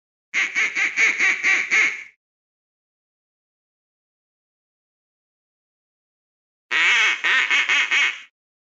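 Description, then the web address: Duck quacking in a rapid run of about seven nasal quacks, then silence for several seconds before a second similar burst of quacks. "утки"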